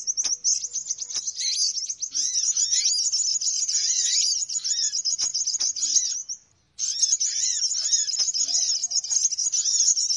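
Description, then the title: Birds in a dense chorus of rapid high chirps and twitters, with repeated arched whistled notes beneath, briefly stopping once before resuming. Noisy bird lure call for attracting birds. "Suara Pikat Burung Ribut"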